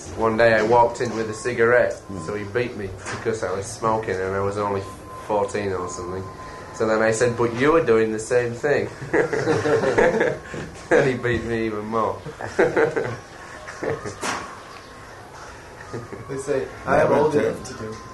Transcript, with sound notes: One day I walked in with a cigarette, so he beat me because I was smoking and I was only fourteen or something. So then I said, "But you were doing the same thing." [laughs] And he beat me even more.
They say, "I am old enough to do